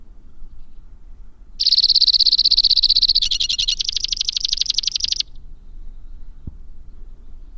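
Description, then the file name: White-winged crossbill song, a buzzy high trill that changes into a slower pulsed rattle, lasting about three and a half seconds; another trill starts right at the end. "suara kicauan burung white winged crossbill. omkicau"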